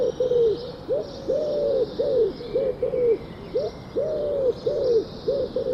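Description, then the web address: Bird calls: many low, arched, hooting coos in an uneven series over a steady hiss. "cianscape. Deverinetal. Bird Only"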